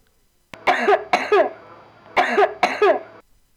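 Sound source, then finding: Adult. Wet cough.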